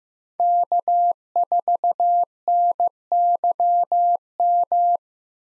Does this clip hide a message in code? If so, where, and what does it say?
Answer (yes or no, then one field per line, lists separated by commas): yes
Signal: Morse code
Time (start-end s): 0.4-5.0 s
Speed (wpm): 15 wpm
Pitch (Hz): 700 Hz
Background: none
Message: K4NYM